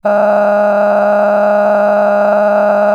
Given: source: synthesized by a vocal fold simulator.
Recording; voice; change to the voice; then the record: sustained vowel; female; cycle-to-cycle stiffness perturbation (roughness), level 9 of 10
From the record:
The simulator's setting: 5.86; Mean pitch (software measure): 207 Hz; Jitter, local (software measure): 2.84%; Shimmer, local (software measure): 17.4%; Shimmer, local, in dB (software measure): 1.53 dB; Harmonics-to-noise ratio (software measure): 11.0 dB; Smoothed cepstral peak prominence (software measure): 13.7 dB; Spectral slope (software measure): -21.9 dB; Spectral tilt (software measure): -12.0 dB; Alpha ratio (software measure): -12.3 dB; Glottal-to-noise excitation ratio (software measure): 0.940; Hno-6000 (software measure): 2.3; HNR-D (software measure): 30.1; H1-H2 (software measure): 4.6 dB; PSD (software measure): 1.2e-04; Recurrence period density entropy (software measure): 0.113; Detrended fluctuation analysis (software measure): 0.0292